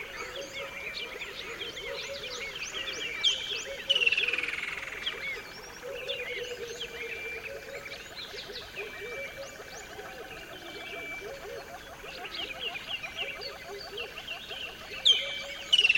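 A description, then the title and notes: A dense dawn chorus of many bird species fills a dry riverbed, with steady chirps, trills and bright whistles overlapping throughout. Dawn chorus in an almost dry riverbed on the border between South Africa and Botswana. This is one of the most lush and diverse soundscapes I've experienced featuring a multitude of bird species.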